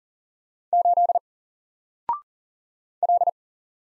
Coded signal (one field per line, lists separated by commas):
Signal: Morse code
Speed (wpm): 40 wpm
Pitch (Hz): 700 Hz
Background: none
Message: 8 L